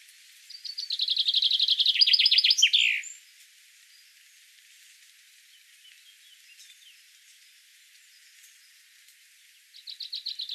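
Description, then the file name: Common chaffinch song: a bright run of repeated notes that falls in pitch and ends in a flourish, then after a quiet gap a new phrase begins near the end. "Fringilla coelebs"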